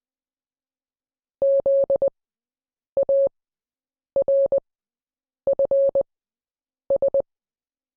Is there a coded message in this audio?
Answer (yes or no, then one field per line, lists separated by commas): yes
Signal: Morse code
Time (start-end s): 1.4-7.2 s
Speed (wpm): 20 wpm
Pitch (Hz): 550 Hz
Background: none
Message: ZARFS